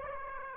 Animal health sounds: mosquito wingbeat signal from an infrared sensor; Aedes aegypti

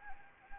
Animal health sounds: mosquito wingbeat signal from an infrared sensor; Anopheles gambiae

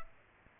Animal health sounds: mosquito wingbeat signal from an infrared sensor; Culex pipiens

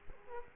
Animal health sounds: mosquito wingbeat signal from an infrared sensor; Culex quinquefasciatus

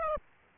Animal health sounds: mosquito wingbeat signal from an infrared sensor; Aedes aegypti

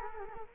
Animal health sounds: mosquito wingbeat signal from an infrared sensor; Culex quinquefasciatus

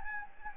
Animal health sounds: mosquito wingbeat signal from an infrared sensor; Anopheles gambiae

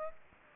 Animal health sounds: mosquito wingbeat signal from an infrared sensor; Aedes aegypti

